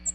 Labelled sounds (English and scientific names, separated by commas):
American Redstart (Setophaga ruticilla) flight call